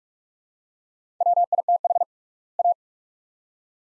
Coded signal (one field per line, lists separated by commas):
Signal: Morse code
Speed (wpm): 47 wpm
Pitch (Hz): 700 Hz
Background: none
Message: WITH A